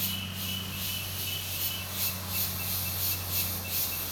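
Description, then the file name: Cicadas make a shrill, pulsing buzz over a steady low mechanical hum that runs throughout. Many cicadas calling in the morning in a rural community. "Muitas cigarras de manha em comunidade rural vozes longes caminhao passando"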